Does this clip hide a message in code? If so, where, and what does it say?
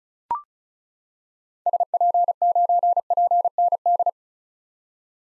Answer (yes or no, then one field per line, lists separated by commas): yes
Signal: Morse code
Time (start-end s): 1.7-4.1 s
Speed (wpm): 36 wpm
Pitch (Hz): 700 Hz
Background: none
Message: SP9PND